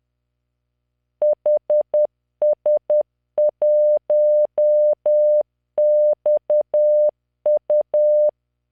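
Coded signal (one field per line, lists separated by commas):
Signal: Morse code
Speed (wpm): 10 wpm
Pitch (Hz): 600 Hz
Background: none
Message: HS1XU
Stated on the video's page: Morse practice generated by the Learning Morse V.0.83 training software at 10 WPM, 600 Hz tone, standard 3-dot spacing, random five-character groups.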